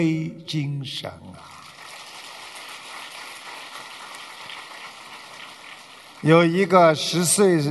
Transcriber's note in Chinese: 掌声